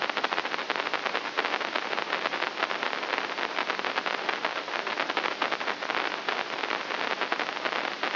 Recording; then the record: brain microelectrode recording played as sound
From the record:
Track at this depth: inside the subthalamic nucleus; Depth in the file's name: 0.241 mm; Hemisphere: right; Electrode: 3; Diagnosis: Parkinson's disease